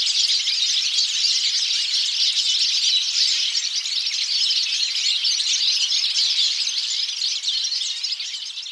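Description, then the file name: European goldfinch calls, a dense continuous twittering of many quick high chirps overlapping throughout, fading slightly at the end. "Carduelis carduelis"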